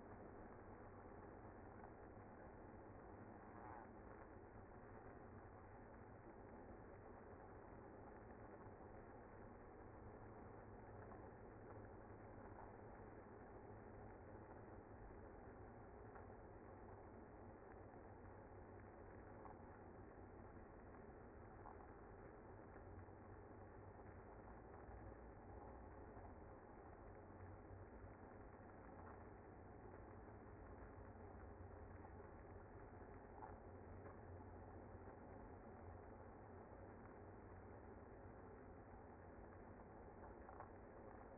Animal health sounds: honeybee colony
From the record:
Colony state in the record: active

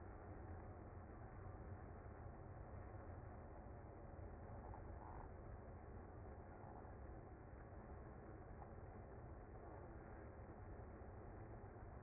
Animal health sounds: honeybee colony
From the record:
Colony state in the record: active

